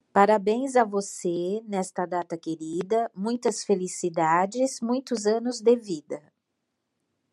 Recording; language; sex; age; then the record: short text; Brazilian Portuguese; female; 60 to 69 years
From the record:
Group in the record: control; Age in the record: 60 years